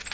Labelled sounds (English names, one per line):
Black-throated Green Warbler flight call